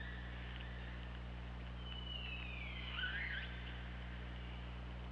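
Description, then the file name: Orca call, a drawn-out descending cry with a harmonic-rich twist at its end, set against constant low mechanical hum and background hiss. OrcaLab, 24 August 2017, 23:28. "Orca Lab UTLN JASON 20170824 232846"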